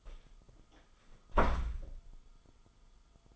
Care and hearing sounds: daily activity, microphone in the room; close door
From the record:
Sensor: 5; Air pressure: 1005.0 hPa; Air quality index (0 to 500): 99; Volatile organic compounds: 2 ppm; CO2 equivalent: 1206 ppm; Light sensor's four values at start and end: 34/79/31/30 and 34/79/32/30

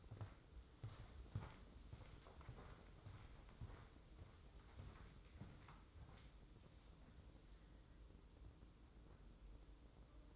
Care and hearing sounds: daily activity, microphone in the room; walk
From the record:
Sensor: 3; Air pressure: 995.9 hPa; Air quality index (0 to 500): 249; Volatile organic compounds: 1000 ppm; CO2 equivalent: 6365 ppm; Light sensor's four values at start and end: 39/98/42/46 and 42/103/45/49

